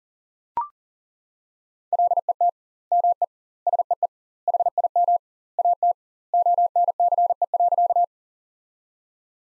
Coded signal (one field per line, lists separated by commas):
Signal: Morse code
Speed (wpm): 40 wpm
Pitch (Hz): 700 Hz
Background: none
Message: LET ME SEE HIM AT ONCE.